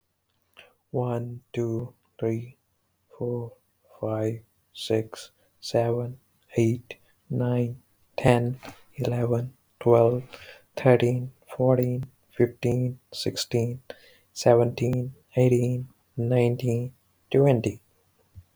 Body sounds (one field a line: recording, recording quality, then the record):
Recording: counting at a normal pace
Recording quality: excellent, no background noise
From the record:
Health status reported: healthy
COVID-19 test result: negative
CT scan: not taken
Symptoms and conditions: none ticked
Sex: male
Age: 29 years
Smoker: no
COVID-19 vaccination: both doses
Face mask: not worn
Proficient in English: yes